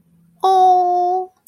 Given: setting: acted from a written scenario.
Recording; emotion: vocal sound without words; adoration